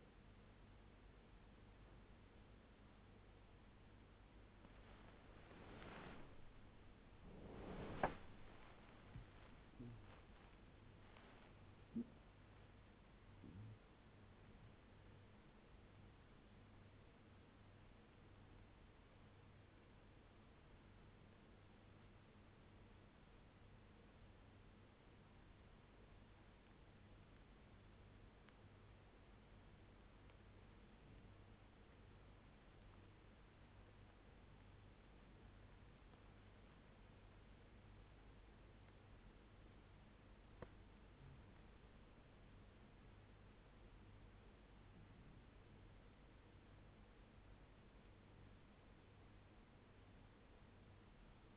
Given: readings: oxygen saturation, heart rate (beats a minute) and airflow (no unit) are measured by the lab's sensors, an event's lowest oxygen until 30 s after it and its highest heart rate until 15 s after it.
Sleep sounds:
breathing in sleep by a voice recorder at the bedside; 1
0.00-26.00 s: awake
9.00-41.20 s: hypopnea (scored as awake, oxygen 96% highest, then 93% lowest, heart rate 90 at the start, 100 highest)
25.00-51.57 s: new sleep stage, N1 (lightest sleep)
From the record:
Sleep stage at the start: awake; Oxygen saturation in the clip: 93 to 97%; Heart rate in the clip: 73 to 100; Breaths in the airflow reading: 11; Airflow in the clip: -12.7 to 14.0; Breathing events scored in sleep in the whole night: 201 in 6.5 hours asleep

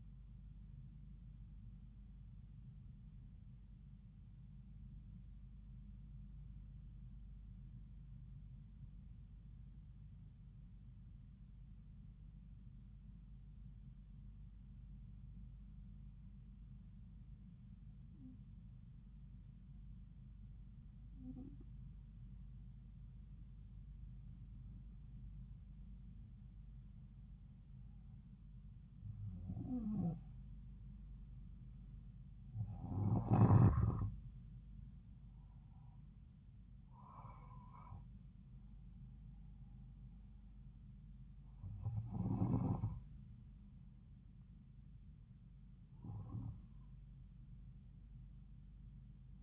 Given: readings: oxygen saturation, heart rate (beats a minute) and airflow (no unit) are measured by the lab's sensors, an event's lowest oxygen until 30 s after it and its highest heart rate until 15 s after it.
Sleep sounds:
breathing in sleep by a smartphone at the bedside; 1
3.00-27.40 s: hypopnea (N1, oxygen 97% highest, then 92% lowest)
13.00-49.43 s: new sleep stage, N2 (light sleep)
From the record:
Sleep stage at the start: N1 (lightest sleep); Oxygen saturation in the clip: 90 to 97%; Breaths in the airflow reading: 11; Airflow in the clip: -4.2 to 5.0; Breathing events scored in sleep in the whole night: 270 in 6.1 hours asleep

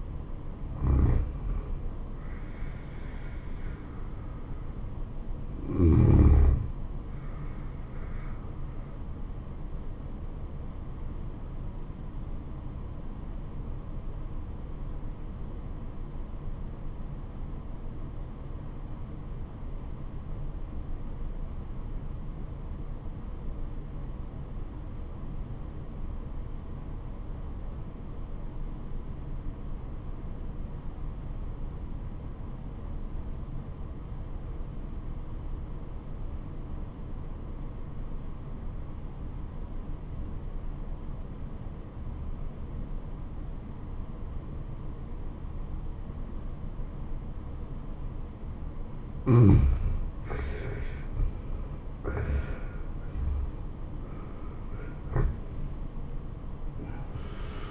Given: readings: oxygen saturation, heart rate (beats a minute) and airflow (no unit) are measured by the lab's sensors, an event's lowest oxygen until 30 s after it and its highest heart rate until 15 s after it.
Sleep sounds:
breathing in sleep by a smartphone at the bedside; 1
12.00-51.20 s: obstructive apnea (N1, oxygen 96% highest, then 74% lowest, heart rate 84 at the start, 90 highest)
27.00-57.71 s: new sleep stage, REM sleep
From the record:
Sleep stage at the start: N1 (lightest sleep); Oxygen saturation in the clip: 71 to 96%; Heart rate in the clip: 67 to 89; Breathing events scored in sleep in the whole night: 426 in 7.4 hours asleep

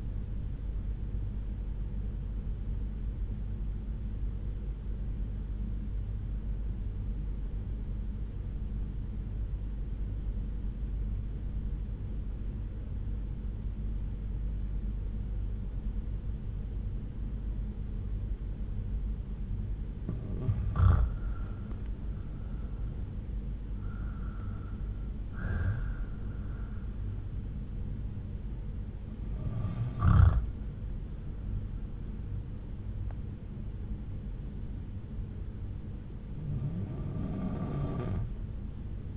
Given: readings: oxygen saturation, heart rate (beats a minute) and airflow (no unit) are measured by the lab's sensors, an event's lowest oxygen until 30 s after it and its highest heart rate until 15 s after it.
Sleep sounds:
breathing in sleep by a smartphone at the bedside; 1
4.00-21.20 s: obstructive apnea (REM, oxygen 94% highest, then 83% lowest)
From the record:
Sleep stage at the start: REM sleep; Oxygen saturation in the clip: 84 to 94%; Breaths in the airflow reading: 4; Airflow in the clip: -8.1 to 8.0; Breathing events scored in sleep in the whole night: 368 in 8.0 hours asleep

